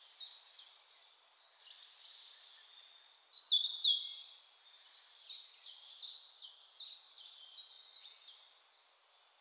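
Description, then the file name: European robin song with a few high notes, a louder bright warbled phrase, then a long even series of quick repeated notes. "Erithacus rubecula"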